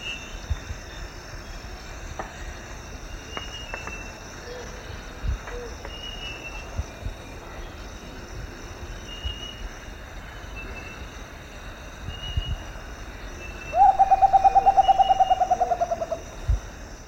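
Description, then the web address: Rufous potoo gives one rapid run of mellow pulsed notes that drift slowly lower, heard near the end after a long stretch of steady insect buzzing. Eastern lowlands of South America. "Natures Songs S America Eastern Lowlands. Rufous Potoo"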